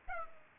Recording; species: mosquito wingbeat signal from an infrared sensor; Aedes aegypti